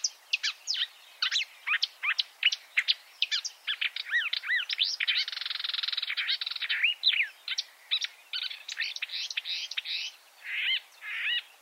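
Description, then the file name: Marsh warbler song, lively varied chirps and slurred whistles around a sustained buzzy wheeze in the middle, then more quick mixed notes. "suara-kicauan-burung-marsh-warbler -omkicau"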